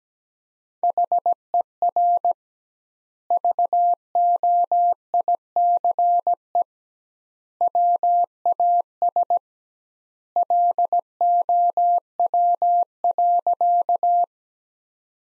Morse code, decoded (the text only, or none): HER VOICE WAS LOW.